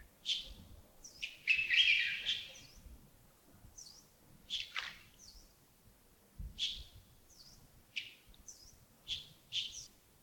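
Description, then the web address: Bird chirps, a busy series of short bright notes, often two or three close together, with a dense burst of calling near the start. Birds recorded early in the morning at Yagongding (亚公顶) on 28 December 2025, around 07:40. "2025-12-28 亚公顶清晨 251228 074040 birds"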